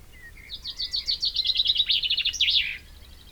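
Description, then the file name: Common chaffinch song: a series of bright trilled notes ending in a flourish, lasting about two seconds. "Fringilla coelebs"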